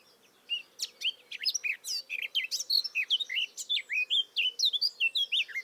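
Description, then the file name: Eurasian blackcap song, a fast, unbroken run of bright, varied warbled notes with quick upward and downward slurs, steady low hum underneath. "Sylvia atricapilla"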